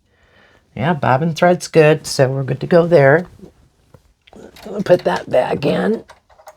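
Someone talks while handling a bobbin case after checking that the bobbin thread is good, putting it back toward the hook of an embroidery machine. A few faint, brief handling ticks come around 3.9 and 4.3 seconds between the talking. The bobbin case has not seated or clicked into place yet.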